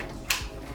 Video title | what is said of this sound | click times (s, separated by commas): Prolux Canister (QX / Phantom) Tools: How to properly install | Did you hear that click? It's on there now. | 0.3 s